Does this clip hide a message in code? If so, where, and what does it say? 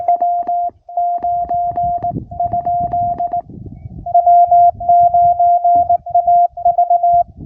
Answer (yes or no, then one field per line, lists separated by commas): yes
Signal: Morse code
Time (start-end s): 0.1-7.2 s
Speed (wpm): 18 wpm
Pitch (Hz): 700 Hz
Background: none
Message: W9? W9AV